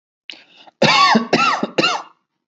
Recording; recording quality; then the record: heavy voluntary cough; excellent, no background noise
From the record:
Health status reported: healthy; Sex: male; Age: 29 years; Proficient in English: yes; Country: India